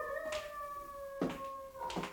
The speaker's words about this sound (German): Na nun, haben Sie das gehört? Oh, und das war nichts. Da hat nur ein Hund geheult. Aha. Und in Ihrem Aberglauben hat das nichts zu bedeuten? Oh ja, schon. Hörst du heulen, deinen Hund schlägt dir bald die letzte Stunde.